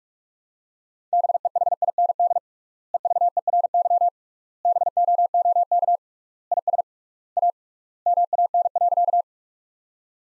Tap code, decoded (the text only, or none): none